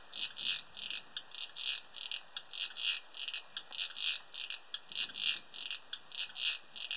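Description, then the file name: Cricket producing a continuous series of bright, buzzy chirps at a quick regular pace, some pulses longer and louder than others. Recorded 31 August 2007; audio filtered. "Gropper Cricket"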